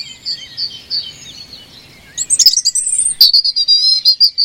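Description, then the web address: European robin song starting with soft repeated high notes, then a sudden thin upward whistle and a quick run of clear, evenly spaced chirping notes. "cianscape birddata Deverinetal 2025 File origin Bird Only Er Ru Er Ru"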